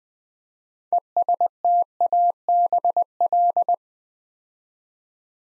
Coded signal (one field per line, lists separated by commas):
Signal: Morse code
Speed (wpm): 20 wpm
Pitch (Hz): 700 Hz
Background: none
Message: ESTABL